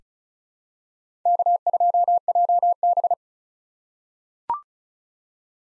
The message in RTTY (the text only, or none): none